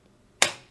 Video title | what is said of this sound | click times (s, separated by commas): I Built a Crab Lamp with a Psychological Purpose | here's a shot of me looking suspicious followed by a satisfying click | 0.4 s